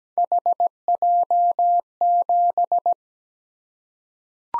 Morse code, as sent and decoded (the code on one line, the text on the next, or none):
.... .--- --...
HJ7